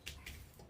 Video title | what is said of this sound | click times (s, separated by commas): Great Fall Vibes with this Gorgeous Wreath - UITC Large Board - Kit 153-lg | All right, and it's locked. | 0.1 s, 0.3 s